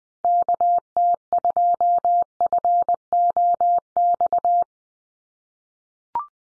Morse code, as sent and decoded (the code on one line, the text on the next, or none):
-.- - ..--- ..-. --- -..-
KT2FOX